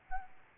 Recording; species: mosquito wingbeat signal from an infrared sensor; Aedes albopictus